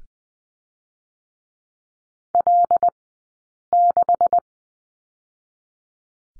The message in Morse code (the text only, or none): L6